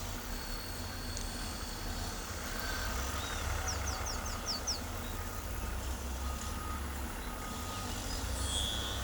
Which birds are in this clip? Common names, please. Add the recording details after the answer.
Carib Grackle. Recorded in pastures near Pivijay, Magdalena, Colombia, on 1 June 2023 at 11:00. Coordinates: 10.456, -74.369. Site P6-G026